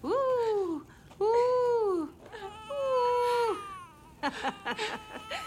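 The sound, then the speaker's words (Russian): A newborn baby boy cries in a cave in three long, high-pitched wails that rise and fall, each separated by a brief gasp, followed by a burst of shorter, choppy sobbing sounds. “Парнишка. Мальчик. Ножки 2. Ручки 2. И мощная глотка.”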